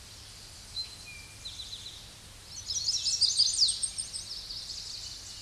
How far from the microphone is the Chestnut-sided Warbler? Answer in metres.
about 5 m